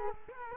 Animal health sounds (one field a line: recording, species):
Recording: mosquito wingbeat signal from an infrared sensor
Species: Culex quinquefasciatus